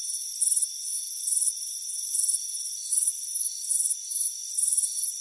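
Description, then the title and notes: Crickets chirping in short pulsed bursts roughly every half to one second, over a steady high-pitched insect drone with several constant tones. Crickets chirping on a warm afternoon by a front porch. "Soothing Crickets Chirping Sound. It's a warm afternoon as you relax in a hammock on the front porch. Relax and fall asleep to the soothing sound of chirping crickets. Deep Sleep Sounds"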